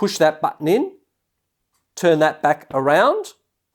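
Someone talks while handling compound mosaic nippers, pushing in the release button on the back and turning the metal jaw-opening limit knob back around, with a silent pause between two stretches of speech. The clip ends before the knob locks, so nothing has clicked into place yet.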